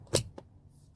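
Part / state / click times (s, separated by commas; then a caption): driver airbag module into steering wheel clips / seated / 0.2 s. A driver airbag module on a '19 Hyundai Veloster is lined up with the two side clips in the steering wheel and pushed in. A sharp, loud click at 0.2 s is followed by a fainter tick at about 0.4 s. The module snaps home and is confirmed seated.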